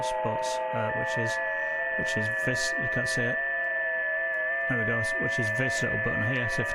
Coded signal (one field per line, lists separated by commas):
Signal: FT8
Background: speech